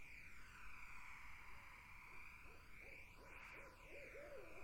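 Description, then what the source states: Barred owl calling a hurried series of hoots that ends in a longer, wavering note, set against a steady background hiss. Barred owls in a summer wetland.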